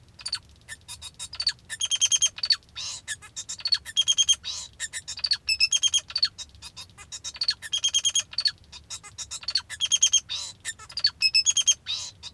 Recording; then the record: song of a male Bengalese finch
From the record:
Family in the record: father 2